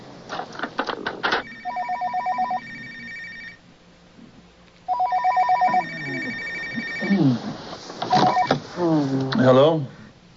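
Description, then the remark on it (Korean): A telephone rings with an overseas call from England in the middle of the night, in two long, bright trilling bursts separated by a short pause, and then a voice starts talking over the end of the second ring. “JC, it's the telephone.”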